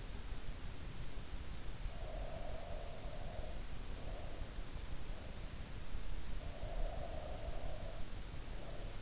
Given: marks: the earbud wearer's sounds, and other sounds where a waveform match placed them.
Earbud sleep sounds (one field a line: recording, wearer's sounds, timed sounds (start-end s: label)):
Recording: sounds in sleep by an in-ear microphone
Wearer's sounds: breath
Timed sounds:
1.93-4.56 s: breath
6.31-9.02 s: breath